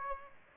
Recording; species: mosquito wingbeat signal from an infrared sensor; Aedes aegypti